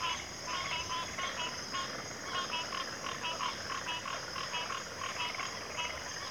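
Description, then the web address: Crickets produce a continuous high shimmering trill, joined by an even stream of pulsed chattering calls throughout. Cricket chorus recorded at a backwater. "Natures Songs Sleep Sounds of Nature CRICKETS Backwater Chorus"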